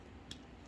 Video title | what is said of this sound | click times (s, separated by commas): Transformers Generations Legacy Velocitron Speedia 500 Collection Voyager Class Cybertron Override | then what you want to do is take these sections these will lock | 0.3 s